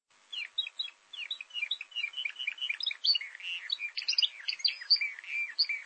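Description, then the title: Bird singing a varied warble of quick chirps, short whistles and twittering notes, jumbled together. "burung"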